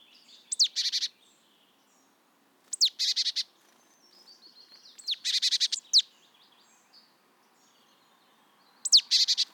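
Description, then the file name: Marsh tit calls: a sharp, slurred high note followed by a quick run of buzzy notes, repeated four times at irregular intervals. "Poecile palustris"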